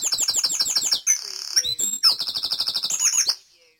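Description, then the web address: Birds in a dawn chorus: a fast series of high, sweeping chirps, then a shrill trill, more rapid repeated notes and a final brief flourish before quiet. Dawn chorus recorded in Mold, North Wales. "beanstalk-audio Dawn Chorus in Mold North Wales"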